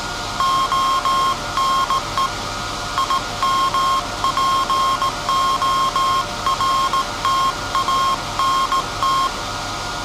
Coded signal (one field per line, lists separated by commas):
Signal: Morse code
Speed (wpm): 17 wpm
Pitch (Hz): 1070 Hz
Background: none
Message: ONE IMPORTANT